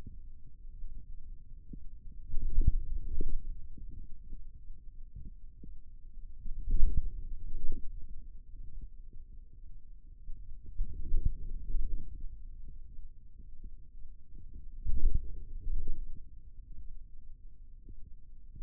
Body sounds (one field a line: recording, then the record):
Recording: forearm muscle sounds (acoustic myography)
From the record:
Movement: outward rotation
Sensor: system 2, bracelet of six BSWA MPA416 microphones around the upper forearm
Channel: 3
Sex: male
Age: 22 years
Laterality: right